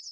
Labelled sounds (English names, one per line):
Chestnut-sided Warbler flight call